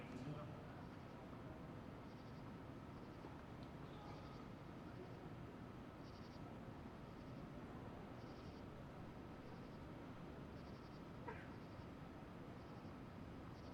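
Crickets chirp in short, regular bursts high above a steady low rumble that fills the whole clip, like a train passing in the distance. Faint bits of quiet talk come through now and then, with a sharper knock near eleven seconds.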